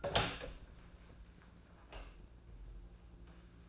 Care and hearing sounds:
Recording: daily activity, microphone in the room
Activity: open door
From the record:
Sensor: 2

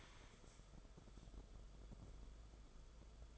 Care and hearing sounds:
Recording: daily activity, microphone in the room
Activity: stand up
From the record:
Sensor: 5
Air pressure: 994.5 hPa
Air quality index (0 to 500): 184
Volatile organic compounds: 1000 ppm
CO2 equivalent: 5394 ppm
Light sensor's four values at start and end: 25/62/26/30 and 24/60/25/30

